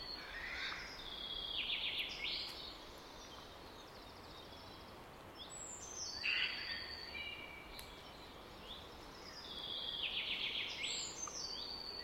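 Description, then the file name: Eurasian jay giving harsh, raspy screeches in a few separate bursts spread across the recording, over steady background hiss. "Garrulus glandarius"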